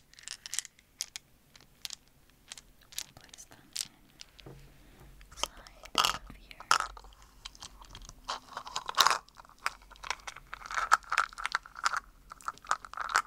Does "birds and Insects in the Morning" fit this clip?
no